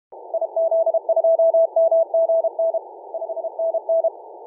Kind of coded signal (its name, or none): Morse code